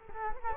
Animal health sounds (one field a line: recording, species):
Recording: mosquito wingbeat signal from an infrared sensor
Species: Culex quinquefasciatus